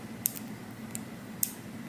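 The tension adjustment screw in the pivot of a pair of hair-cutting shears is turned, and the raised nipple on the screw clicks into each detent position. Sharp, brief clicks sound at 0.3, 0.4, 1.0 and 1.4 seconds over a low steady background hum. The screw seats in its detents, which matters because without the raised nipple the screw won't hold and the shear may not cut right.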